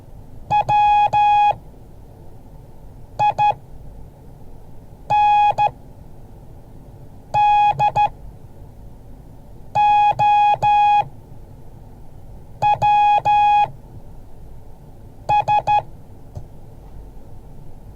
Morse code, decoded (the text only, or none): WINDOWS